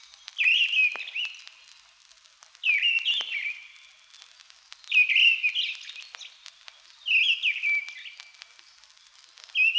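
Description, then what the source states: Mistle Thrush delivering rich whistled phrases every two to three seconds, with soft crackle between them. Song, occasionally heard in old pine forest; described as beautiful.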